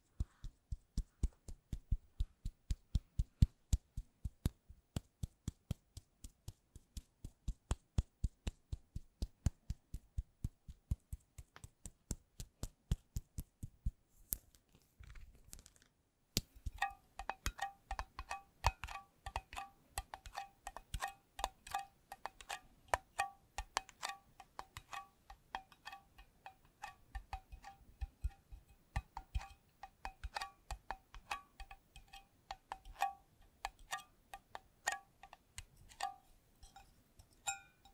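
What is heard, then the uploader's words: Fingers tap in a quick, steady rhythm, each hit a short, dull knock for the first fifteen seconds. After a brief pause, the tapping turns faster and brighter, on a surface that rings with a faint chime-like tone under the clicks. ASMR Addictive Tapping.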